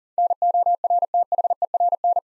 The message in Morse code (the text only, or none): NORTHERN